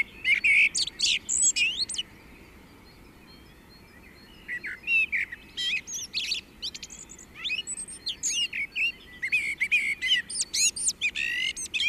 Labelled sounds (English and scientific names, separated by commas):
Common Blackbird (Turdus merula) song